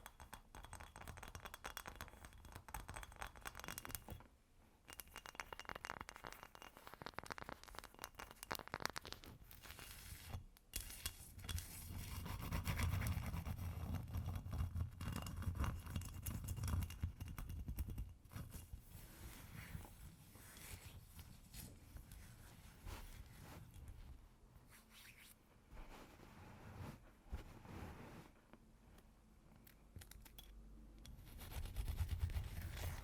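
Ice being tapped and scratched, with a dense run of clinks and scraping that carries on with little pause. Brighter clicks and scrapes ride over a low rumble that swells in the middle stretch. Brief quiet gaps come near 4 and 10 seconds.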